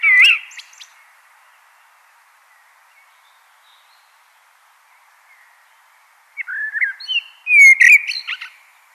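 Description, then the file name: Common blackbird: brief whistled notes with high twitters at the start, several quiet seconds, then a fuller phrase of fluting whistles and high scratchy twitters. "Turdus merula"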